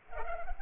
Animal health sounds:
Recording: mosquito wingbeat signal from an infrared sensor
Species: Culex pipiens

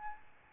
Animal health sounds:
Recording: mosquito wingbeat signal from an infrared sensor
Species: Aedes albopictus

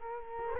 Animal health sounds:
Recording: mosquito wingbeat signal from an infrared sensor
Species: Culex quinquefasciatus

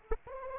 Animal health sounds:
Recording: mosquito wingbeat signal from an infrared sensor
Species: Anopheles arabiensis

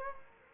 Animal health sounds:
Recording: mosquito wingbeat signal from an infrared sensor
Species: Culex quinquefasciatus

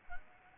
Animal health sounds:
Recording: mosquito wingbeat signal from an infrared sensor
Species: Culex pipiens

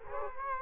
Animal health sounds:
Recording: mosquito wingbeat signal from an infrared sensor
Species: Culex quinquefasciatus

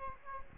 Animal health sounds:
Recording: mosquito wingbeat signal from an infrared sensor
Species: Aedes aegypti

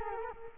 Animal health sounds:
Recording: mosquito wingbeat signal from an infrared sensor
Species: Culex quinquefasciatus

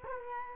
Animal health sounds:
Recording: mosquito wingbeat signal from an infrared sensor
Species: Culex quinquefasciatus

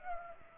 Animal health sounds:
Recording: mosquito wingbeat signal from an infrared sensor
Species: Culex pipiens

